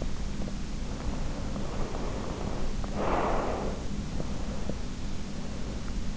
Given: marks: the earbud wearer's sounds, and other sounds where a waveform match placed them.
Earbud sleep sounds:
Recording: sounds in sleep by an in-ear microphone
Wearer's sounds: breath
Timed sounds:
1.06-3.86 s: breath

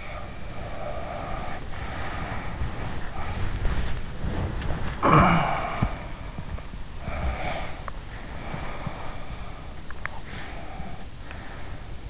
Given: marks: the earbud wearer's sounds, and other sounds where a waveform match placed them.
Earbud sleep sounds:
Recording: sounds in sleep by an in-ear microphone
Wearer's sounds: breath, body movement, talking in sleep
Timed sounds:
0.00-3.89 s: breath
3.13-10.44 s: body movement
4.01-6.20 s: breath
4.92-6.05 s: talking in sleep
6.99-9.79 s: breath
10.20-12.10 s: breath

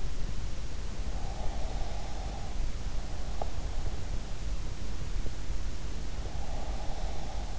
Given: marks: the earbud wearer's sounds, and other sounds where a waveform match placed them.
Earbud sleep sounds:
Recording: sounds in sleep by an in-ear microphone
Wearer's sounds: breath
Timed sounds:
1.31-2.54 s: breath
6.51-7.59 s: breath

